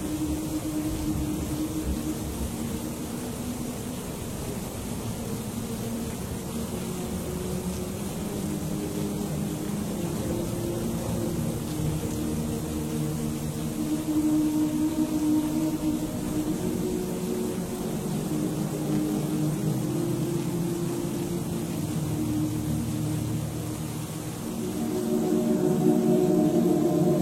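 Stormy monastery ambience: a constant, dense low rumble with slowly shifting droning tones that grows louder in the last few seconds.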